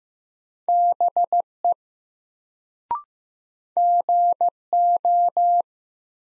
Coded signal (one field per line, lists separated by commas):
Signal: Morse code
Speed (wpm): 16 wpm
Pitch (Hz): 700 Hz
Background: none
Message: BE GO